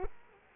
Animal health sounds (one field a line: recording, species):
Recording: mosquito wingbeat signal from an infrared sensor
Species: Culex quinquefasciatus